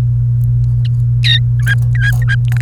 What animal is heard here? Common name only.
Domestic Canary